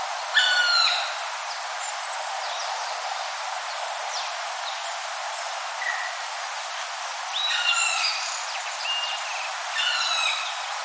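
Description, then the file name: Black woodpecker calling: harsh, harmonic bursts near the start, around seven and a half seconds, and at ten seconds, with faint chirps between them over constant hiss. "kumagera"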